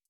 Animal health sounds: hydrophone in a shrimp aquaculture tank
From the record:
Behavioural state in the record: stressed

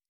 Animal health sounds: hydrophone in a shrimp aquaculture tank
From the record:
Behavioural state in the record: normal

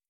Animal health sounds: hydrophone in a shrimp aquaculture tank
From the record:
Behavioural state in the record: starved

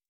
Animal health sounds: hydrophone in a shrimp aquaculture tank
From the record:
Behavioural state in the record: stressed

